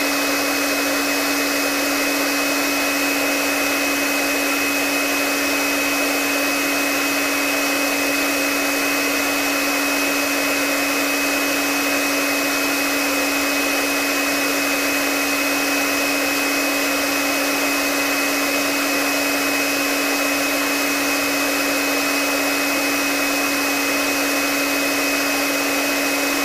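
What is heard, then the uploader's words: A hair dryer runs without pause, a steady airy rush that stays level from start to finish. A bright whine sits on top of the hiss, with a lower motor hum beneath it, and the sound never changes in pitch or loudness. Hair Dryer White Noise Sound.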